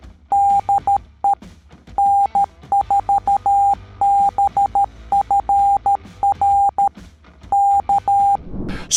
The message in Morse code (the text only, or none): DE N4BFR K